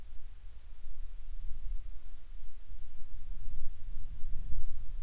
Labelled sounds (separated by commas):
wind